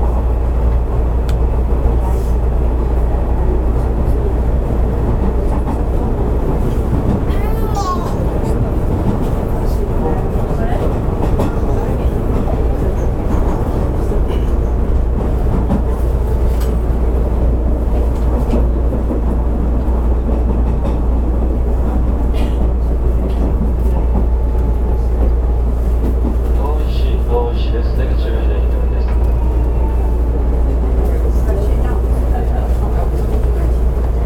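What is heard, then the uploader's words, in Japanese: Running sound from inside a Hanshin Railway 5700 series train: a steady, heavy low rumble and hum fills the whole recording at an even level. Faint squeals and brief clicks surface around 8 seconds and again near 27 seconds, with murmured speech underneath. 阪神電鉄5700系の走行音です。普通電車にて収録。区間は、神戸三宮から御影までです。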